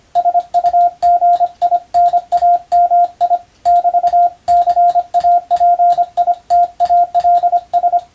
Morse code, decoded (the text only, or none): SUGINAMI <BT>CAPITALS